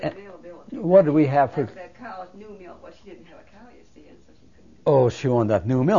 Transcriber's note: voices off mike